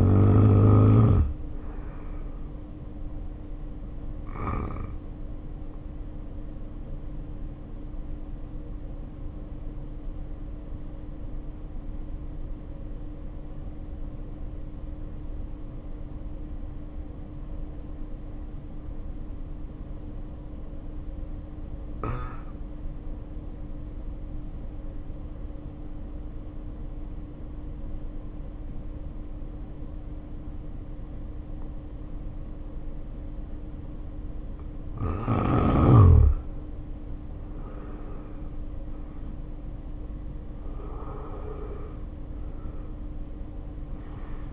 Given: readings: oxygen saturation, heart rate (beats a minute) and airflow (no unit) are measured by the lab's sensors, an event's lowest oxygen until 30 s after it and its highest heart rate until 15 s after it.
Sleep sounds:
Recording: breathing in sleep by a smartphone at the bedside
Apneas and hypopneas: 1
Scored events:
3.00-33.70 s: hypopnea (N1, oxygen 94% highest, then 73% lowest, heart rate 56 at the start, 68 highest)
18.00-44.53 s: new sleep stage, N2 (light sleep)
From the record:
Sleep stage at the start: N1 (lightest sleep)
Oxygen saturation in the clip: 73 to 94%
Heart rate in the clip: 47 to 69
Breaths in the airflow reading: 10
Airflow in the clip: -2.5 to 2.9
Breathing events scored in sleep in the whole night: 520 in 7.2 hours asleep

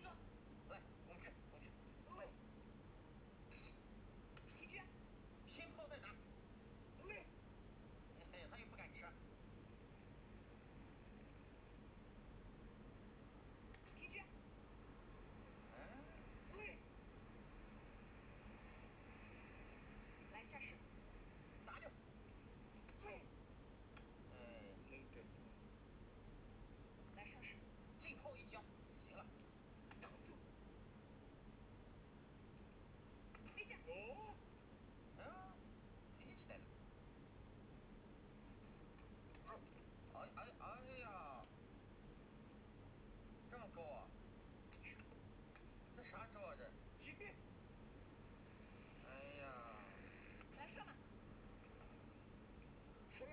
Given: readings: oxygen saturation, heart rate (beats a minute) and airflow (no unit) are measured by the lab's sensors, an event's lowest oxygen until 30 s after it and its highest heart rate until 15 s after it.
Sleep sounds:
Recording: a person awake in a sleep study, by a voice recorder at the bedside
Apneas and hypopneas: none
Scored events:
0.00-53.33 s: awake
From the record:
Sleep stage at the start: awake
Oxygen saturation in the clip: 95 to 96%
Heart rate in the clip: 75 to 79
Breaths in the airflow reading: 14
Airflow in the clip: -3.8 to 5.0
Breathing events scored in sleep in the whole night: 131 in 7.2 hours asleep

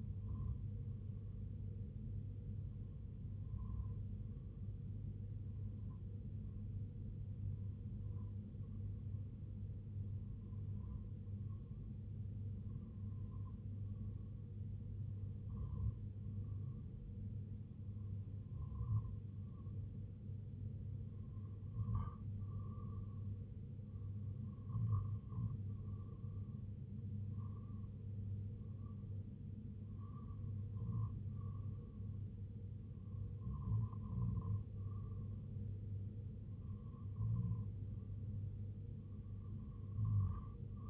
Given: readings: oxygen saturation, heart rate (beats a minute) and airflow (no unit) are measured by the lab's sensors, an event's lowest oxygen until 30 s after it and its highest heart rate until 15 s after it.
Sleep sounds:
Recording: breathing in sleep by a smartphone at the bedside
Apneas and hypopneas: 1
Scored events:
4.00-31.10 s: hypopnea (REM, oxygen 97% highest, then 95% lowest, heart rate 64 at the start, 72 highest)
From the record:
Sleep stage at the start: REM sleep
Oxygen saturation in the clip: 95 to 97%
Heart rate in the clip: 64 to 71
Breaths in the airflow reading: 12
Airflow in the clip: -1.0 to 0.7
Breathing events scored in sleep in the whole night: 258 in 7.4 hours asleep

